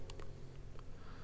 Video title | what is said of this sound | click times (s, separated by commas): How to install a AMD Ryzen 5 7600X AM5 on a Gigabyte X670 X gaming AX - PSU - CPU cooler - Cables | so it should push down and click into place and it has done | 0.1 s